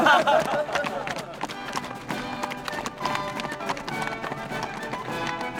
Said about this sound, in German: erhielt zwei neue Pferde und ritt mit seinem Herzbruder freudevoll zur Festung hinaus.